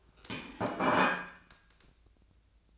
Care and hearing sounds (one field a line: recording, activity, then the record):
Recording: daily activity, microphone in the room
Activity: place plate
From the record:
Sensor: 2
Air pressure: 1009.2 hPa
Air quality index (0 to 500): 186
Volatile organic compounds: 11 ppm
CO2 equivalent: 2310 ppm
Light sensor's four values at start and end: 22/55/23/25 and 22/55/23/25